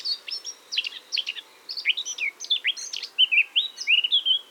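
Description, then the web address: Eurasian blackcap singing a fast scratchy warble that turns into clear, flute-like whistles. "SETE data Sylvia atricapilla"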